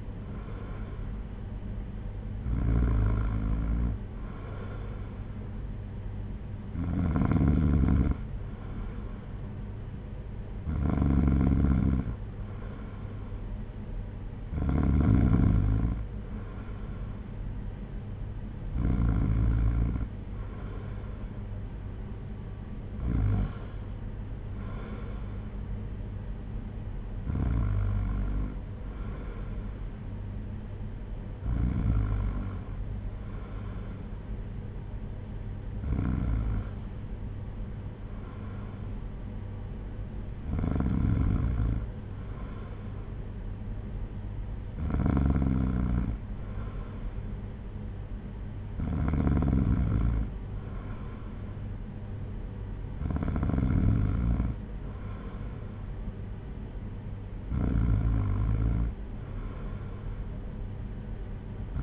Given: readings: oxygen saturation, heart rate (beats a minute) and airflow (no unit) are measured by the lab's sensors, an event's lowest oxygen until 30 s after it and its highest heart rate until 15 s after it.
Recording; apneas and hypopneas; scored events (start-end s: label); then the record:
breathing in sleep by a smartphone at the bedside; none
56.00-61.83 s: new sleep stage, N1 (lightest sleep)
From the record:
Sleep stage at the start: N2 (light sleep); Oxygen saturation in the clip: 94%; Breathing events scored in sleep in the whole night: 226 in 8.8 hours asleep